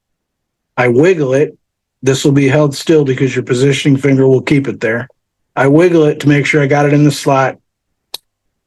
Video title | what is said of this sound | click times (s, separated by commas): Mastering Longarm Quilting: Maintenance, Troubleshooting, & Pro Tips for Peak Performance! | I make sure it snaps you don't hear the snap it's not locked in it's not going to work for you | 8.2 s